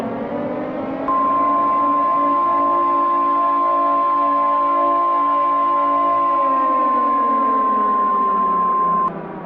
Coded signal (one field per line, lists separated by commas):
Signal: Emergency Alert System (SAME) tones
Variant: 1050 Hz attention tone